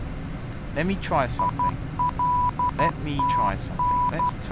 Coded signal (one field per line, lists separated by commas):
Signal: Morse code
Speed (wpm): 12 wpm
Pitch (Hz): 990 Hz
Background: speech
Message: ILTN